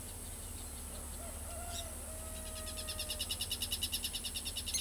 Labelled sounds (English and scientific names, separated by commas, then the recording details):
Southern Lapwing (Vanellus chilensis)
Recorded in pastures near Pivijay, Magdalena, Colombia, on 2 June 2023 at 18:00
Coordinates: 10.456, -74.369
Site P6-G026